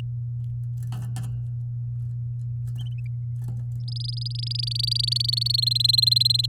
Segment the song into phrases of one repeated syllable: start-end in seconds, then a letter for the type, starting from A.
3.88-5.60 A, 5.62-6.46 B